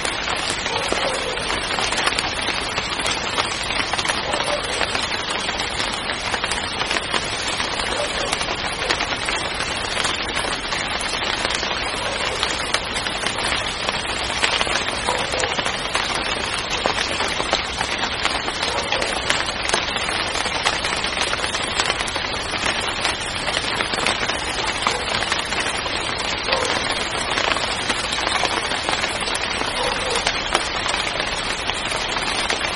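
Steady, dense rain patters evenly on a surface for the whole stretch, a constant bright hiss with countless fine drops and no letup.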